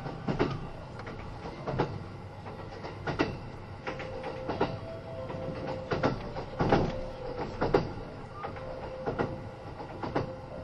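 A Kintetsu 80000 series Hinotori train runs steadily under a constant low rumble. Sharp clacks from the wheels over rail joints come in clusters roughly every one and a half seconds, and a faint steady whine holds from about four seconds on.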